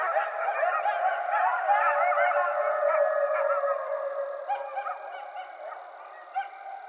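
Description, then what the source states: Coyotes howling and yipping, several long sliding howls overlapped by quick yelps, the chorus thinning out toward the end. Several coyotes recorded on 20 January 2012.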